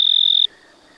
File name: Oecanthus pictus – Recorded at 26 03 2011-22 degree Celsius